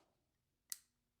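A wire SRW-012 wrist pin retaining clip for an LS3 rod and piston assembly is levered and pulled with a finger into the groove of the piston pin bore. After near silence, a single sharp, bright snap rings out at 0.7 s and quickly fades, and the clip is seated in its groove.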